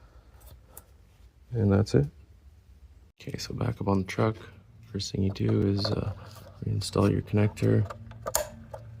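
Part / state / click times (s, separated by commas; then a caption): wiring harness connector into third brake light assembly / seated / 8.3 s. A wiring harness connector is plugged back into the third brake light assembly on the roof of a Chevy Silverado during reinstallation after a roof water leak fix with a third brake light gasket replacement. Someone talks throughout, and a sharp, loud click comes at 8.4 seconds as the connector seats.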